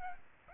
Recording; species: mosquito wingbeat signal from an infrared sensor; Aedes albopictus